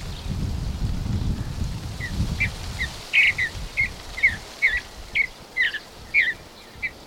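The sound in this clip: Bird giving short, sharp chirps in an uneven series as a low rumbling noise fades early on.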